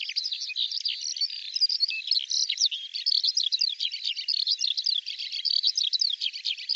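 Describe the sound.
Bird calls, a busy chatter of sharp high chirps and short sweeping notes, steady throughout with no low sounds.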